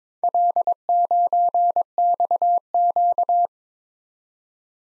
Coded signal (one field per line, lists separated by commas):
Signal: Morse code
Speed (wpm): 26 wpm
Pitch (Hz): 700 Hz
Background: none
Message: L9XQ